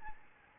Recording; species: mosquito wingbeat signal from an infrared sensor; Aedes albopictus